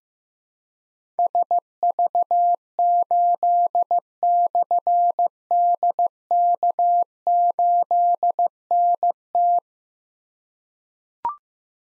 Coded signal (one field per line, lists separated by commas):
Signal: Morse code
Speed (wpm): 15 wpm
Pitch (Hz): 700 Hz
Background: none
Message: SV8/DK8NT